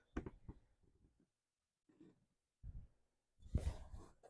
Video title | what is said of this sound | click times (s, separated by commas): 2019 Buick Enclave Alternator Replacement Acadia Traverse (( 3.6L )) #buickenclave #buickgmc | that you get it lined up correctly and you hear that snap. | 0.2 s